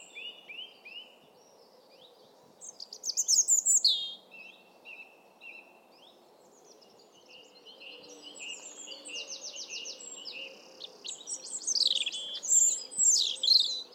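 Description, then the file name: European robin song of rapid high trills, tumbling whistles and sparkling notes, becoming busier and louder toward the end, with low background noise. "Erithacus rubecula"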